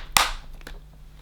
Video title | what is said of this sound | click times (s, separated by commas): Sebo Felix Maintenance Tips Filters & Brushroll Replacement | line up the arrow with the seam and then push it until it clicks into position | 0.2 s